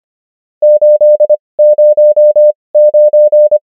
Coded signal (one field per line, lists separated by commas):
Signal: Morse code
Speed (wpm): 25 wpm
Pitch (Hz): 600 Hz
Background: none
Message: 809